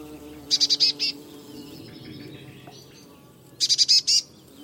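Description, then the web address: Eurasian blue tit giving two quick bursts of four or five high, clipped notes about three seconds apart, over a faint low hum. "Deverinetal 2025 File origin Bird Only Cy Ca"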